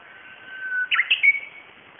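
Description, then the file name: Japanese bush warbler song: a long steady whistled note, then a quick jumpy flourish of higher notes ending in a short held whistle. "uguisu"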